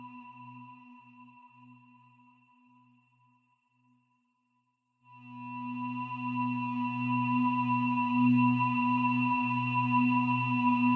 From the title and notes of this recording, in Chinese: 胰及DNA频率117.3-528Hz丨颂钵。